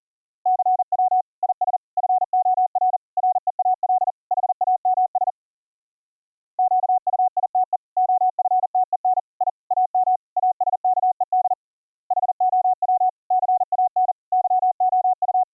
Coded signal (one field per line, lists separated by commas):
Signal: Morse code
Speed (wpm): 40 wpm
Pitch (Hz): 740 Hz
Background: none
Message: CW IS FOR REAL HAMS QUITE OFTEN I AM ASKED HOW CAN YOU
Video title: Virtual audio cables for Morse Code audio routing - dropped audio buffers - fix it with Gstreamer